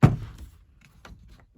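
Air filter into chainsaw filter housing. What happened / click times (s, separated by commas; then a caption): The part is being handled and has not yet clicked into place / none. A new plastic air filter is lined up on its lugs and handled against the filter housing of a STIHL MS 171, MS 181 or MS 211 chainsaw. A dull, low thunk at the start fades out, followed by faint light ticks near 0.9 s and 1.1 s. The filter has not seated or clicked into place yet.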